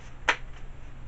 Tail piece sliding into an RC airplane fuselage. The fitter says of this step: and you slide that in until it clicks